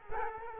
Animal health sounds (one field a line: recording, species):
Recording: mosquito wingbeat signal from an infrared sensor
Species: Culex quinquefasciatus